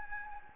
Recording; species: mosquito wingbeat signal from an infrared sensor; Anopheles gambiae